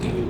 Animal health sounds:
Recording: contact call of a hoofed animal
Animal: pig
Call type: closed-mouth grunt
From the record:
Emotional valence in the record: positive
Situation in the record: food and toys in familiar pen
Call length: 0.31 s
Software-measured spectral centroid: 1730 Hz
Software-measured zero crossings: 1020 a second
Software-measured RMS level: -24 dBFS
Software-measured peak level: -12 dBFS

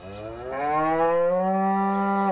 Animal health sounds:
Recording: contact call of a hoofed animal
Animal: cattle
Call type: low-frequency (closed-mouth) or high-frequency (open-mouth) call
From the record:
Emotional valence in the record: negative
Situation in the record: full separation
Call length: 2.4 s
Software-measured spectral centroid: 1190 Hz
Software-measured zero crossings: 1490 a second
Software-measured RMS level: -24 dBFS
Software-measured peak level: -12 dBFS

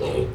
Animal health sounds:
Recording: contact call of a hoofed animal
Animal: pig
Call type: closed-mouth grunt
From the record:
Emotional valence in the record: positive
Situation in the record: food and toys in familiar pen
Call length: 0.34 s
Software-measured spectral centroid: 1770 Hz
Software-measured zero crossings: 1100 a second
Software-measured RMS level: -24 dBFS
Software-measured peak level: -9 dBFS

